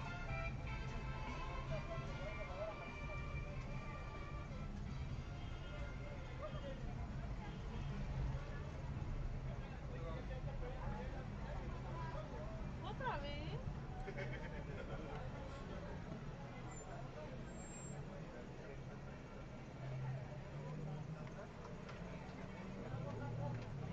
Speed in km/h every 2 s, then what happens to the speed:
6, 5, 5, 5, 7, 6, 6, 5, 1, 0, 0, 0.
0-16 steady at about 5. 16-24 standing.